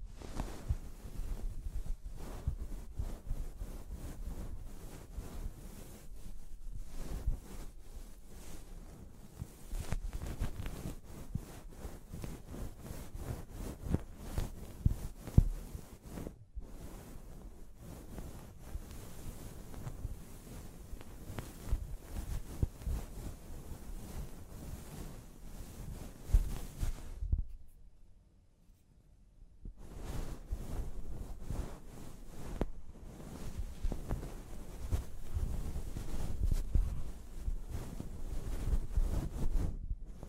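A scalp massage and hair wash, heard as dense, continuous rubbing and scrunching with a rough, wind-like rush. The friction is strongest in the low end and pulses irregularly, with brief gaps near 16 seconds and a fuller pause around 27 to 30 seconds.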